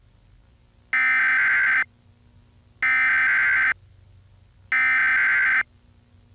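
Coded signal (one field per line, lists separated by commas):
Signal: Emergency Alert System (SAME) tones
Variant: header bursts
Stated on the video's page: Remake of a cable Envoy EAS screen.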